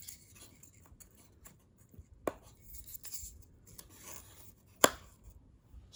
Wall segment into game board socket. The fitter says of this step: snap right in